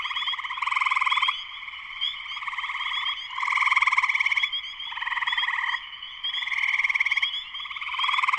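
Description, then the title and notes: Spring peeper chorus: a dense, steady layer of high peeps under pulsed, buzzy trills that swell and fade in overlapping waves. Spring peepers in full chorus shortly after sunset, Sleeping Bear Dunes National Lakeshore, northern Michigan, USA. "Spring peepers (chorus frogs) in concert. Spring peepers (chorus frogs) in full chorus shortly after sunset in the Sleeping Bear Dunes National Lakeshore in northern Michigan, USA. Recorded by Darrin Wassom. Part of the Music for Sleep project"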